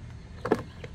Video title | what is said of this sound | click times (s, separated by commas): Subaru Outback Wilderness OEM Tow Hitch Installation with Ambull Hitch Shackle | to get a little push to set snaps back in | 0.5 s